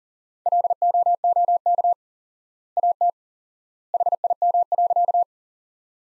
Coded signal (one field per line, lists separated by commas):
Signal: Morse code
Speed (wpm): 40 wpm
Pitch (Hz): 700 Hz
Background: none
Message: LOOK AT HIM.